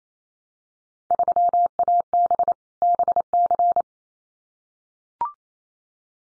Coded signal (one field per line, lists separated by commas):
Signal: Morse code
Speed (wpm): 28 wpm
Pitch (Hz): 700 Hz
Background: none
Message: 3AB BC